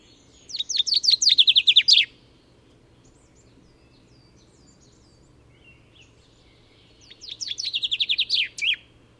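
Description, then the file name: Common chaffinch song: two bright phrases of rapid notes, each ending in a flourish, separated by a long quiet pause. "Fringilla coelebs"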